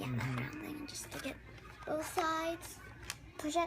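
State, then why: Not seated. A plastic xylophone attachment is being pushed onto a Wonder Workshop Dash toy coding robot, with pressure applied on both sides, while someone talks. Handling noises are heard, but nothing has seated or clicked yet.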